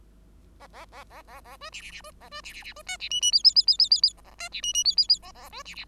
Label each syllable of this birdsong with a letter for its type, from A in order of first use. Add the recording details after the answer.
A A A A A A B C C C B A B C C C B D C E E F F F F F F F A A D C E E F F F A A B C C. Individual Bird5